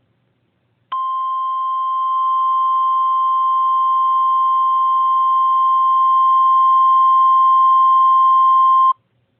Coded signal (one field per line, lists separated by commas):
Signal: Emergency Alert System (SAME) tones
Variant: 1050 Hz attention tone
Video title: EAS Scenario- Supervillain Catastrophe: Part 2! Ice Cold Crisis